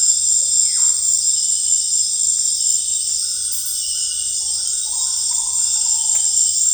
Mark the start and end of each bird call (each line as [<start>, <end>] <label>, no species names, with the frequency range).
[0.59, 1.04] bird call (0.3-2.8 kHz)
[4.68, 6.58] bird call (0.3-1.6 kHz)